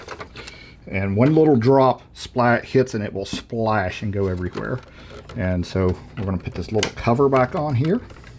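A small plastic cover on an ink tank printer is handled after draining the ink, about to be pushed back on, while someone talks throughout. A few faint ticks of handling are heard near the start and at the very end, but nothing has seated or clicked yet.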